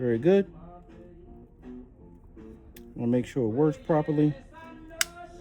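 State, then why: Seated. A locking tab on a plastic wiring harness connector on a Ford F100 with a Coyote swap and a Lokar 6R80 shifter is pushed closed while someone talks over background music. It snaps shut with a sharp click at 5.0 seconds, seating and locking the connector in place.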